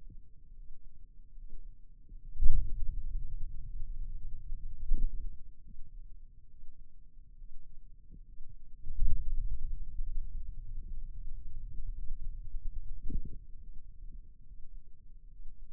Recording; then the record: forearm muscle sounds (acoustic myography)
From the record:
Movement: ulnar deviation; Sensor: system 2, bracelet of six BSWA MPA416 microphones around the upper forearm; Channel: 6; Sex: male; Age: 22 years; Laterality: right